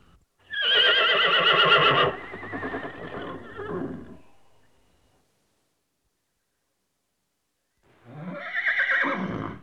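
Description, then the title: Horse neighing: a loud harmonic whinny of about one and a half seconds trailing into snorting breaths, then silence, and a second neigh near the end. "NHK Sound Effects Collection - 3-Frogs, Crickets, Cicadas, Horses"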